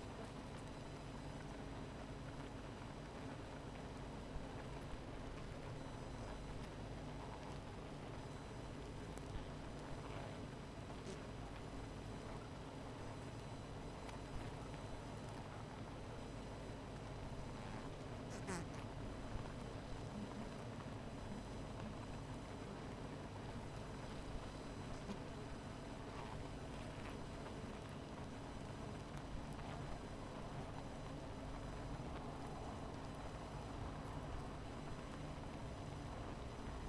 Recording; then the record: honeybee colony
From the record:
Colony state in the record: missing queen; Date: 14 July 2017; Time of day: 17:53